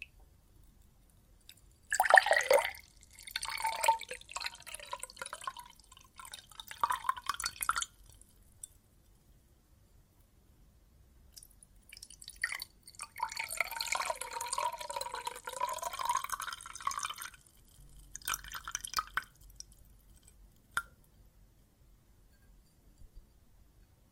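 Water and soap foam make crackling, fizzing bursts with wet dripping and popping, some passages carrying a wavering watery squelch. The sound comes in three busy stretches, roughly 2–8, 12–17 and 18–20 seconds, separated by near silence, with a single small pop near 21 seconds.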